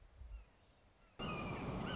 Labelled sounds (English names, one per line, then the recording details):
Red-shouldered Hawk
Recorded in Sonoma County, California